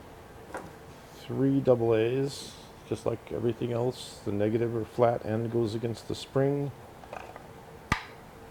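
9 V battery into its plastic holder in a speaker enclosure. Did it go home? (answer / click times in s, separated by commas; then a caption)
yes / 0.5 s. A reconnected nine-volt battery is pressed onto its small plastic holder inside a DIY Bluetooth speaker enclosure and clicks into place at 0.6 s. Someone then talks, with a few light knocks around 7.0–7.4 s and a sharp tap at 7.9 s.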